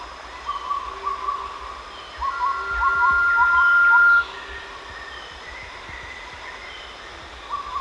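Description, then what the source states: Blue-banded pitta call: one long, steady, pure whistle held about two seconds, with quick chirps alongside. Recorded at Danum on 1 March 2008.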